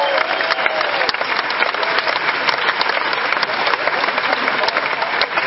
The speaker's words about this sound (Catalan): també un fort aplaudiment.